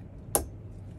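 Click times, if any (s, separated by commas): 0.3 s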